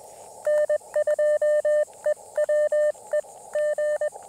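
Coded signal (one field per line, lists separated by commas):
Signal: Morse code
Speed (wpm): 21 wpm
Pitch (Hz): 590 Hz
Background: radio noise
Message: N2EWE G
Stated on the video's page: QRP CW Parks on the Air activation at a state park using Elecraft KX2 with Bamatech TP-III paddle, Packtenna random wire antenna.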